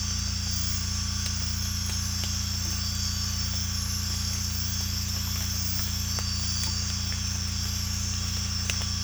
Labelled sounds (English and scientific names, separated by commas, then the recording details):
none
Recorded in secondary vegetation near Puerto Asís, Putumayo, Colombia, on 18 December 2024 at 03:30
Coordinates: 0.485, -76.322
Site GP08